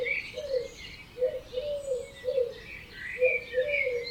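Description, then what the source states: Birds: bird chorus with low hollow notes repeated under higher twittering and warbling phrases. Dawn chorus recorded at 4am in Oberhofen, Inntal, Austria; binaural recording.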